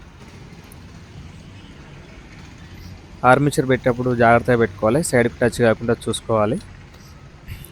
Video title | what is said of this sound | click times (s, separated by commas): Preethi Lavander mixer motor bush change in Telugu #preethi #lavander #mixer #motorbush | ఈ విధంగా ఫ్రీగా correct lock అయిపోయింది | 7.6 s